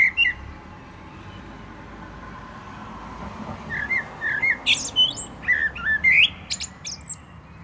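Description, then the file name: Common blackbird song over a steady background hiss: a brief phrase, a long pause, then whistled notes mixed with thin, high twittering notes. "Turdus merula"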